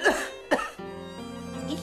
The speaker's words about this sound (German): Ich huste mir ja die Seele heraus.